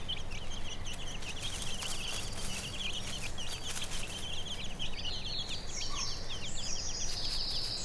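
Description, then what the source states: Chicken chicks peeping busily with high, quick downslurred notes over steady low background noise. A hen with her chicks, recorded on Brownsea Island.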